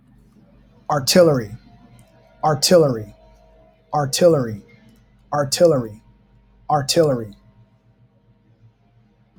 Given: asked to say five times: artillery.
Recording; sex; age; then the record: repeated word; male; 40 to 49 years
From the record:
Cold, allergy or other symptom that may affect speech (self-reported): no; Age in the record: 42 years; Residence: Georgia, United States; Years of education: 16